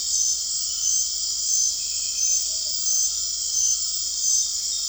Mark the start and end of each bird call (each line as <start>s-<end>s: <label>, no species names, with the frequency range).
2.16s-2.77s: bird call (0.3-0.8 kHz)